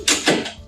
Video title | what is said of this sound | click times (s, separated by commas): Innov 8 IQ Care Bed | You'll hear a click. | 0.1 s